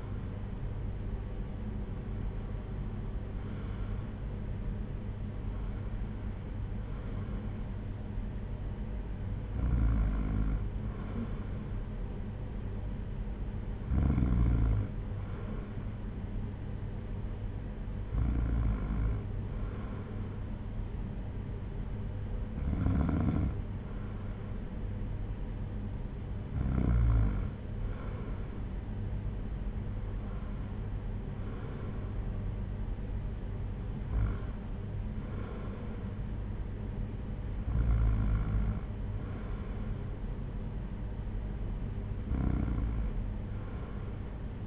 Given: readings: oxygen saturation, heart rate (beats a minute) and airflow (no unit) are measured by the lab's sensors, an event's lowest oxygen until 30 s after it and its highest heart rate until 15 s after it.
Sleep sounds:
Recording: breathing in sleep by a smartphone at the bedside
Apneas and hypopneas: none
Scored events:
none scored
From the record:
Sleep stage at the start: N2 (light sleep)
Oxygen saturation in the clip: 94%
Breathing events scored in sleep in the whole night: 226 in 8.8 hours asleep

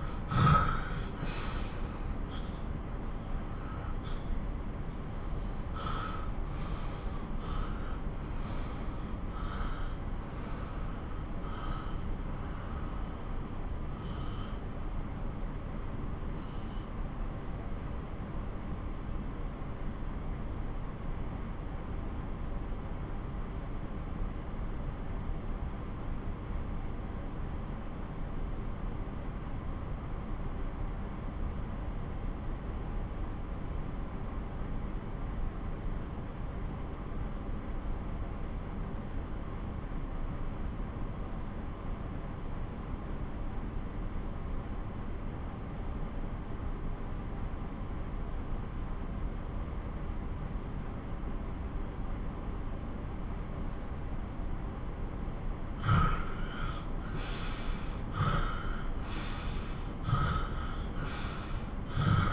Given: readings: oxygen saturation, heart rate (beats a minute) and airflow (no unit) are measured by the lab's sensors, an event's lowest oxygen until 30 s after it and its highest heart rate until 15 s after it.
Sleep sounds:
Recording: breathing in sleep by a smartphone at the bedside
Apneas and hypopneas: 1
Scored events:
13.00-53.70 s: obstructive apnea (N1, oxygen 96% highest, then 84% lowest)
21.00-51.00 s: new sleep stage, N2 (light sleep)
51.00-62.33 s: new sleep stage, N1 (lightest sleep)
From the record:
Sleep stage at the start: N1 (lightest sleep)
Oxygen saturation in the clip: 81 to 96%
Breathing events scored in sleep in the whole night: 217 in 6.3 hours asleep

